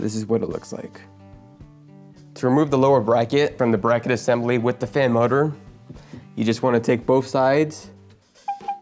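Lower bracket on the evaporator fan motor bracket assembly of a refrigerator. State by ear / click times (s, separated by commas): released / 8.5 s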